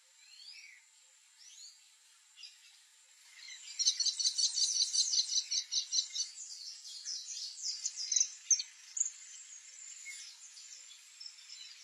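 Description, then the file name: Kestrel-type calls: a quick burst of shrill repeated kee notes midway, with scattered thin chirps before and after and a constant high insect-like drone. "canto do kestrel"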